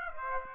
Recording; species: mosquito wingbeat signal from an infrared sensor; Aedes aegypti